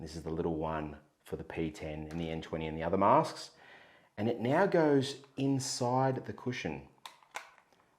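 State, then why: Seated. Someone talks, then a small plastic heat-moisture-exchange filter for a ResMed AirMini, the little one for the P10 and N20 masks, is pushed into the silicone cushion of a nasal CPAP mask. Sharp snaps at 7.1 s and 7.4 s mark it clicking into place inside the cushion, seated.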